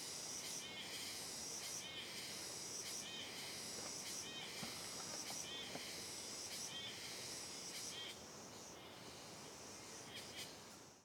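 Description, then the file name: Cicadas in a dense, high buzzing chorus that swells and pulses in waves about every second, with fainter hissing layers underneath. "Coro de Cigarras em Trilha de Mata Fechada Reverberando"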